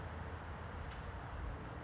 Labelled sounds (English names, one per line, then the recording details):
California Towhee
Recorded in Sonoma County, California